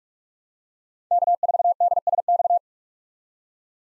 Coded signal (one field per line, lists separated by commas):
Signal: Morse code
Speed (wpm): 47 wpm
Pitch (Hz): 700 Hz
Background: none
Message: K4DSX